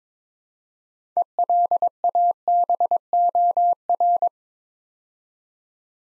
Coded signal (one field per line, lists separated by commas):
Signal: Morse code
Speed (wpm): 22 wpm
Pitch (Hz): 700 Hz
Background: none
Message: ELABOR